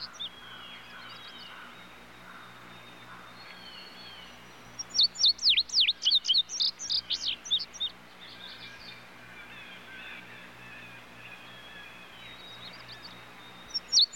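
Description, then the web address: Tudigo bursting into a fast run of high, downward-swooping whistled notes midway through, with softer calls of other birds before and after. Other birds calling in the background. "bird tudigo tudigo other birds in bg"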